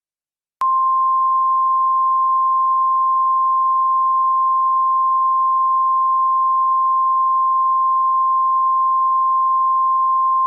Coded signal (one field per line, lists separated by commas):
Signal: Emergency Alert System (SAME) tones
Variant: 1050 Hz attention tone